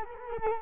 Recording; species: mosquito wingbeat signal from an infrared sensor; Culex quinquefasciatus